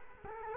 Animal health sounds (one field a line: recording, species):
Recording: mosquito wingbeat signal from an infrared sensor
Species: Culex quinquefasciatus